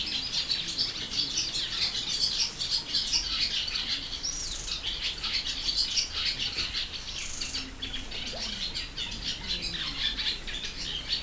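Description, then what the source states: Sand martin calls, a continuous twittering chatter of many birds, steady throughout. Hortobágy fish ponds, Hungary, 2014; in nature, from a bird-watching hide.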